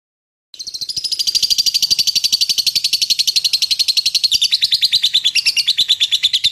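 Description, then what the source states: Bird giving a rapid, high pulsed trill that starts after half a second, holds steady, then dips slightly in pitch toward the end. Masteran song, made for training songbirds.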